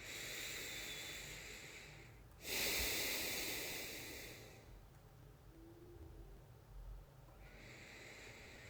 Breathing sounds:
nose breathing near a microphone
0.00-2.18 s: inhalation
2.18-4.83 s: exhalation
7.15-8.70 s: inhalation
From the record:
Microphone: phone

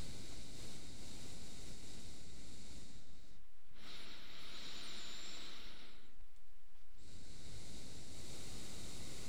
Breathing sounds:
nose breathing near a microphone
0.00-3.59 s: exhalation
3.59-6.40 s: inhalation
6.40-9.29 s: exhalation
From the record:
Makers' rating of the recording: medium

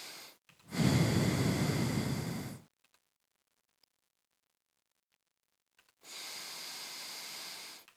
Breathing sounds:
nose breathing near a microphone
0.00-0.49 s: inhalation
0.49-2.79 s: exhalation
5.74-7.89 s: inhalation
From the record:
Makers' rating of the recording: medium

